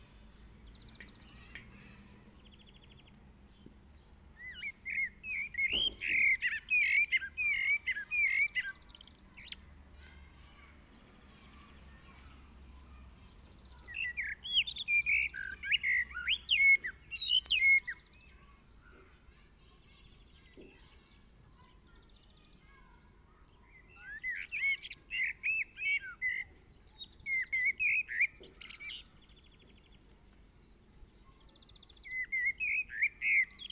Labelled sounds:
Common Blackbird song

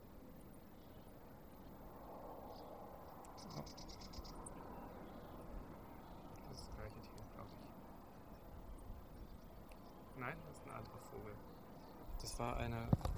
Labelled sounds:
Sardinian Warbler

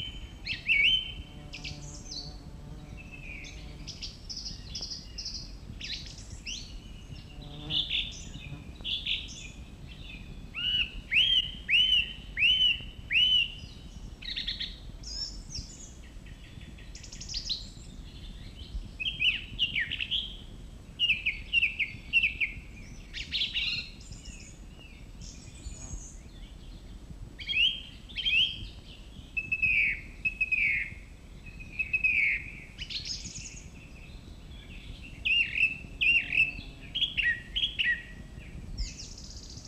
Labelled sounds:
Song Thrush song

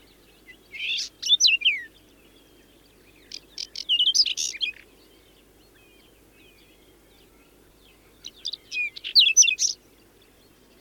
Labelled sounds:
Whinchat song

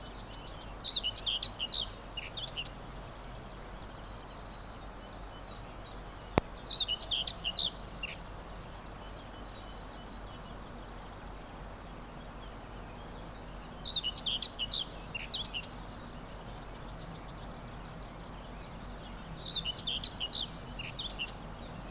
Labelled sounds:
Common Whitethroat song

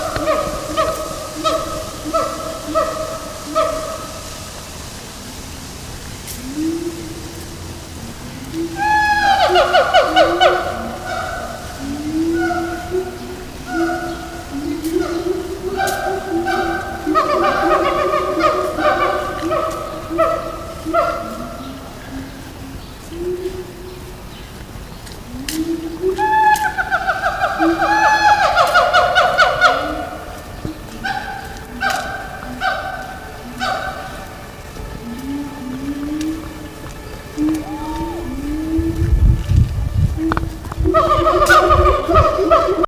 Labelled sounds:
Siamang

